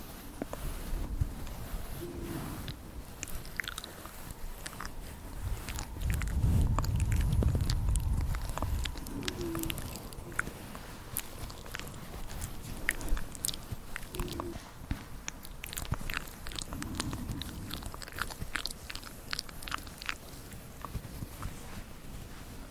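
Wet mouth sounds and crisp clicks fill the recording, with frequent sharp ticks scattered throughout. A heavier low rumble of handling swells around six to eight seconds, and softer low bumps recur near ten, fourteen and seventeen seconds.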